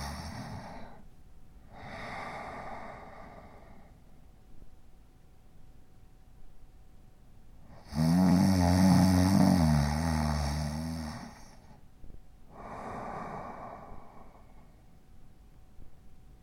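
Slow, regular breathing with rough, airy snores every few seconds from an adult man. One much louder, low rattling snore stands out in the middle, with a buzzing vibration in the throat. Ordinary snoring.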